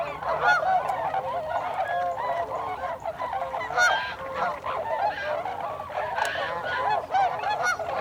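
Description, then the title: Tundra swan flock calling nonstop, dense overlapping whoops and honks, occasional sharper yelps above the crowd. Tundra swans, 26 December 2020. "2020-12-26-Tundra-Swans"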